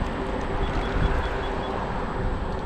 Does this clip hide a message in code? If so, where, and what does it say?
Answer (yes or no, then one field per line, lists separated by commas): no